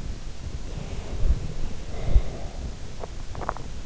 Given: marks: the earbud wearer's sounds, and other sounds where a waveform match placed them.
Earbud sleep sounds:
sounds in sleep by an in-ear microphone; breath, swallowing
0.84-2.44 s: breath
3.29-3.82 s: swallowing

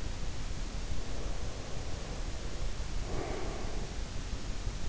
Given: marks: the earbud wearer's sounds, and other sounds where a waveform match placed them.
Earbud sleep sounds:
sounds in sleep by an in-ear microphone; breath
0.80-4.04 s: breath

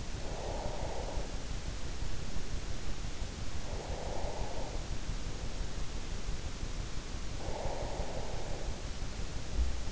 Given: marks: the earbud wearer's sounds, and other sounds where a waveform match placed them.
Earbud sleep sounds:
sounds in sleep by an in-ear microphone; breath
0.00-2.00 s: breath
3.55-5.16 s: breath
7.27-8.63 s: breath

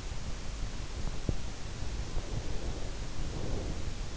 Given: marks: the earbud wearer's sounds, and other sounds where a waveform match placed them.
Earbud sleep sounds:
sounds in sleep by an in-ear microphone; breath
2.07-4.08 s: breath

